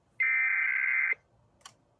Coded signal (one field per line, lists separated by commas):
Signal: Emergency Alert System (SAME) tones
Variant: header bursts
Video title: EAS 1440-1443: Ohio Severe Weather Awareness Week Alerts